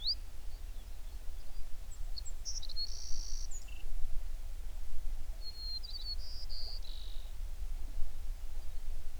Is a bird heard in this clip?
yes